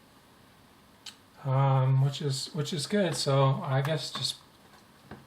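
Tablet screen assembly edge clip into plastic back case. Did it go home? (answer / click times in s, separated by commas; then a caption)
yes / 5.1 s. A replacement display and glass assembly on an Android A93 tablet is pressed down so its plastic edge clips snap back into the plastic back case. Someone talks over a quiet background, and then a short, sharp snap is heard at 5.1 s as the clip seats into place.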